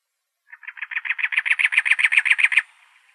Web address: Sound Library Wrens Kinglets Gnatcatchers AZFO CACW deviche 031002